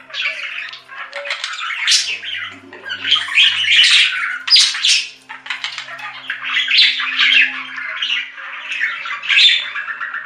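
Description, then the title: Budgerigar chatter, continuous harsh squawking and warbled chirps with a short break midway. "Budgie Sounds"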